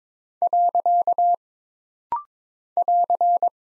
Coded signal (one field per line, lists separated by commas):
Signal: Morse code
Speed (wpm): 22 wpm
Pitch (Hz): 700 Hz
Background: none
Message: . <AR>